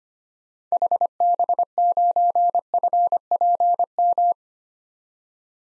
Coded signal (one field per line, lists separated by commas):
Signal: Morse code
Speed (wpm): 25 wpm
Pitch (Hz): 700 Hz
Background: none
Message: HB9FPM